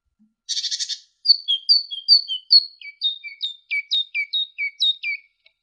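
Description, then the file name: Great tit song opening with a harsh buzzy burst, then a long even series of high chirps, each dropping in pitch. Training ('masteran') recording for songbirds. "suara masteran great tit"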